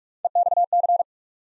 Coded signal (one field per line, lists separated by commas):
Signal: Morse code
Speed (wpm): 44 wpm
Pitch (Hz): 700 Hz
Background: none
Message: EXC